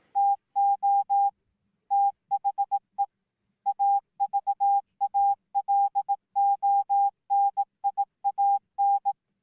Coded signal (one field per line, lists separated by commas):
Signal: Morse code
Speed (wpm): 18 wpm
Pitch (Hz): 800 Hz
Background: none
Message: TO THE AVALONIAN